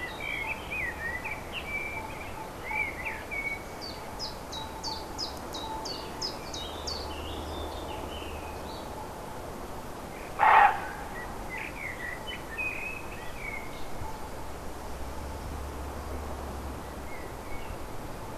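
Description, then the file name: Roe deer giving a single short, harsh bark midway through, over steady background noise, with birds singing high, repeated whistled notes earlier. Recorded 5 May 2011 on an MZ-N710 recorder. "chevreuil 5 05 11"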